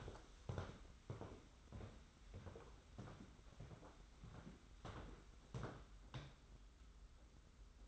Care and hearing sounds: daily activity, microphone in the room; walk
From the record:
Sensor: 3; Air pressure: 991.6 hPa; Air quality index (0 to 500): 181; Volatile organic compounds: 1000 ppm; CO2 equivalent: 6044 ppm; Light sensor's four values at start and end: 34/95/39/33 and 38/108/44/38

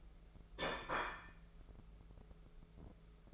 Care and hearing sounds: daily activity, microphone in the room; place plate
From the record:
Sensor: 5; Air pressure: 1015.1 hPa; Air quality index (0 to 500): 206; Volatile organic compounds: 11 ppm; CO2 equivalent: 2267 ppm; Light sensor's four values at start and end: 77/181/77/84 and 77/181/77/84

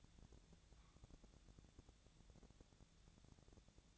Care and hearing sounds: daily activity, microphone in the room; take from stove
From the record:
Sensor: 3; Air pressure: 1000.0 hPa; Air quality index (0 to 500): 126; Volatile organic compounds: 2 ppm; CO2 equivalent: 1126 ppm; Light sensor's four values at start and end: 45/114/49/55 and 46/115/49/55

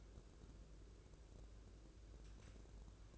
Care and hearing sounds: daily activity, microphone in the room; take from stove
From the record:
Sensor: 2

